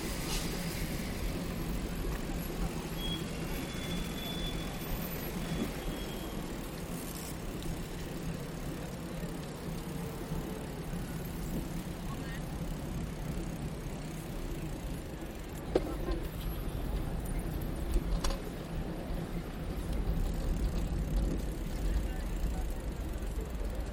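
A bicycle ride through central Bogotá, with a steady low rumble of traffic and passing vehicles filling the whole stretch. Faint voices come and go beneath it, and a few short knocks or clicks stand out near fifteen and eighteen seconds.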